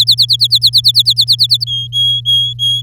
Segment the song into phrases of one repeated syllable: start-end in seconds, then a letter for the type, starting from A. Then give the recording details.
0.07-1.64 A, 1.67-2.81 B. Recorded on 10 May 2018 at 06:21. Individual llb16